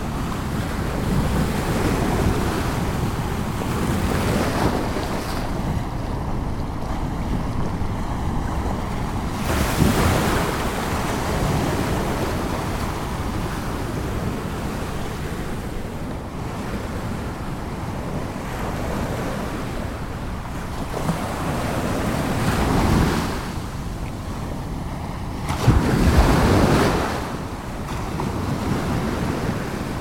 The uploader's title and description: Ocean Waves in the Morning. Gentle rolling ocean waves